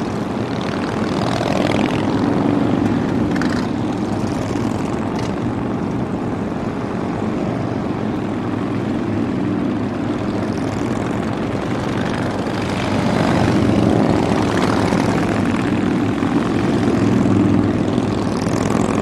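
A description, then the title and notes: A steady, dense roar of many engines runs throughout, thick in the low and middle range, like a crowd of motorcycles idling and rumbling. Brief brighter revs surge around 1–3 seconds and again from about 12 to 18 seconds, when the sound swells slightly louder. Recordings made by Dan Bodah in the Black Hills around Sturgis, South Dakota during the 2003 Sturgis Motorcycle Rally.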